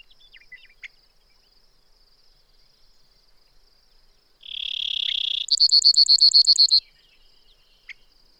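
Brewer's sparrow singing one phrase: a steady high buzz switching abruptly into a quicker, brighter rattling trill, with faint bird notes before and after.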